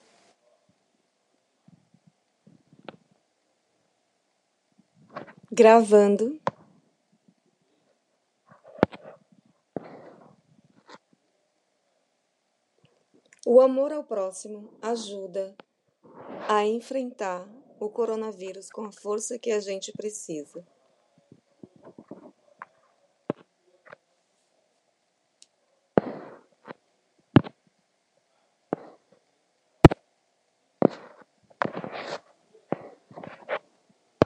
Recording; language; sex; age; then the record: spoken sentence; Brazilian Portuguese; female; 40 to 49 years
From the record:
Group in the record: control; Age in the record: 49 years